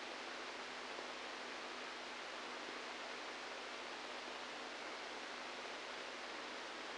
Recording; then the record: brain microelectrode recording played as sound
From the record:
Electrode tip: inside the subthalamic nucleus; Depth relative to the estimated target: -3 mm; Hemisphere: right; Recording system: NeuroSet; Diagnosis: Parkinson's disease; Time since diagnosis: 7 years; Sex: male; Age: 69 years